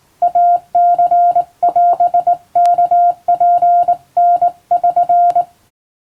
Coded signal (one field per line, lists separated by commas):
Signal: Morse code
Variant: Japanese Wabun code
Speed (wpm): 21 wpm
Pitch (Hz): 700 Hz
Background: none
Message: イニオワツタ<SN>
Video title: 不思議なモールスの世界！トンツー、モールス信号！オンとオフで文字を表す最古のデジタル技術！手打ちの日本語モールス符号を聞こう！アマチュア無線の受信練習にどうぞ morse code practice